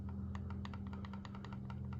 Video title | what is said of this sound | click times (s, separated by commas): Cr 85 restoration part 5: Bike Assembly | That little clicking is the gear mesh between the impeller shaft gear and the water pump drive gear on the crank. | 0.4 s, 0.7 s, 1.0 s, 1.2 s, 1.4 s